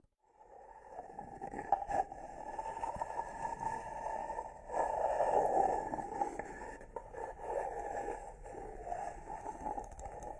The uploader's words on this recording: The massage SPA with ASMR wood products provides ultimate numbness, comfort and relaxation.